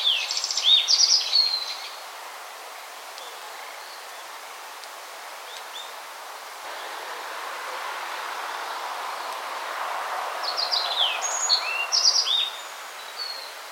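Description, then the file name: Yellow Bunting giving two high, twittering song phrases of thin notes, one at the start and one near the end, with quiet hiss between. "Emberiza sulphurata"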